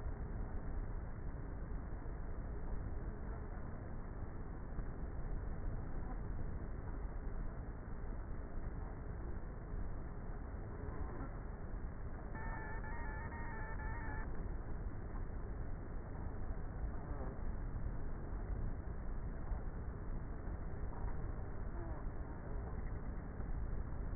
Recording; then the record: honeybee colony, microphone inside the hive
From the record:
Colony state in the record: queenless with a low population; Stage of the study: before two queens were removed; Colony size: about 30,000 bees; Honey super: no